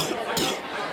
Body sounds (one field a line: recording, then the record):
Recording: coughing mixed with background sound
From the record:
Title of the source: Wet coughing